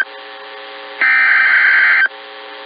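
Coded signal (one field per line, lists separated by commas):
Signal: Emergency Alert System (SAME) tones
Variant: header bursts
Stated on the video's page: Hurricane and tropical storm warning tones from NOAA Weather Radio station in Daytona Beach, Florida.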